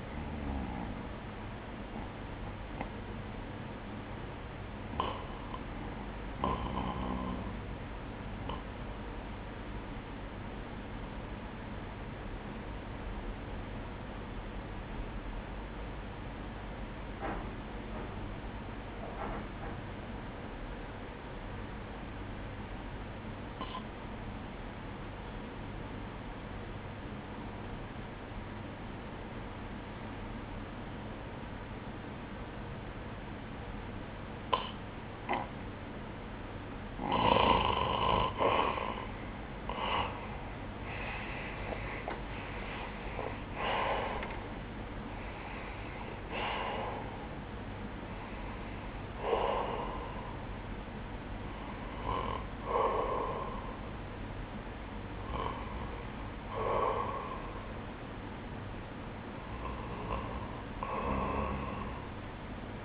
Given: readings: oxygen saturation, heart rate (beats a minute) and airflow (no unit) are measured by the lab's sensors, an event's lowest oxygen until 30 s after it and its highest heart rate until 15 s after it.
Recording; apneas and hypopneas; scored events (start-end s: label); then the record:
breathing in sleep by a voice recorder at the bedside; 1
12.00-40.50 s: hypopnea (REM, oxygen 95% highest, then 85% lowest, heart rate 63 at the start, 86 highest)
42.00-62.85 s: new sleep stage, N1 (lightest sleep)
From the record:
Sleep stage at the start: REM sleep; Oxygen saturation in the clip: 85 to 95%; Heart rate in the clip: 60 to 86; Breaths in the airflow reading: 10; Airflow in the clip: -14.7 to 13.4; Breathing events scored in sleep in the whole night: 180 in 6.7 hours asleep